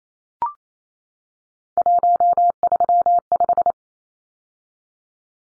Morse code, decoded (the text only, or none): 135